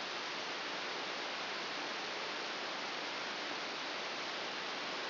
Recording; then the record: brain microelectrode recording played as sound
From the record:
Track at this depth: outside the subthalamic nucleus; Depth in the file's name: 6.601 mm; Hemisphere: right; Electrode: 2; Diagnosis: Parkinson's disease